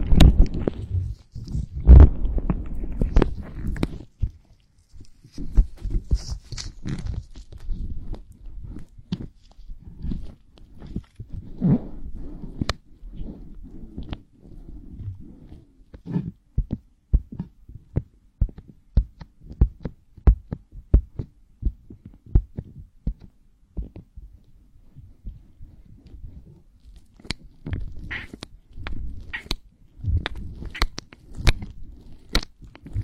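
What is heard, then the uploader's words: Ear oil massage produces dense, muffled low rubbing and thumping, busiest in the first few seconds, with sharper crackles and squelches later. Ear oil massages the ears.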